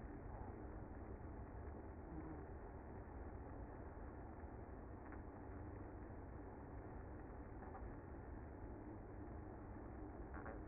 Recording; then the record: honeybee colony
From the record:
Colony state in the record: active